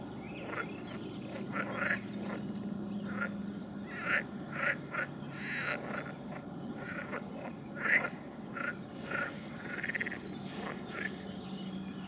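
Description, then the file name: Frogs calling in a chorus of short, quacking croaks, with a low hum at times. "Nature Recordings - Frogs"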